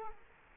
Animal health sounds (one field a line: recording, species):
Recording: mosquito wingbeat signal from an infrared sensor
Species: Culex quinquefasciatus